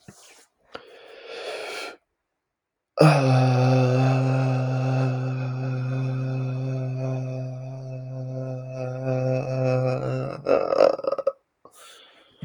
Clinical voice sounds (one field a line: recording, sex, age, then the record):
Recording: vowel held as long as possible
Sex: male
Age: 20 to 29 years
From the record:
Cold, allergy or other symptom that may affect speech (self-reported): no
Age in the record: 28 years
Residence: New Jersey, United States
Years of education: 12